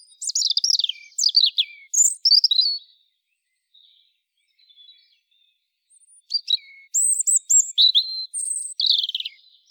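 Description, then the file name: European robin song in two bursts: high tumbling twitters and thin descending whistles, a quiet gap of about three seconds, then another warbling phrase. "Erithacus rubecula"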